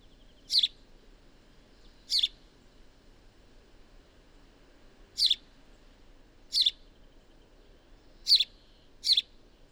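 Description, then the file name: House sparrow giving six sharp, clipped chirps at uneven intervals, the last two close together, over a quiet steady background. "Passer domesticus"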